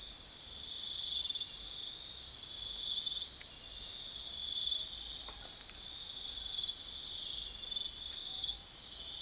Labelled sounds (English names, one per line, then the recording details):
none
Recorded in secondary vegetation near Puerto Asís, Putumayo, Colombia, on 4 March 2025 at 05:00
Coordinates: 0.500, -76.326
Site GP04